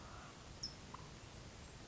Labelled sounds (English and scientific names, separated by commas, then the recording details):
California Towhee (Melozone crissalis)
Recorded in Sonoma County, California